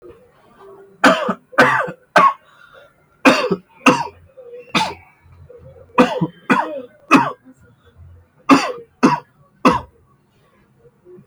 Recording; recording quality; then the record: heavy voluntary cough; excellent, no background noise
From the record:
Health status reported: healthy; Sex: male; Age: 21 years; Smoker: no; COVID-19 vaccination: both doses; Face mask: not worn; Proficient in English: yes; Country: India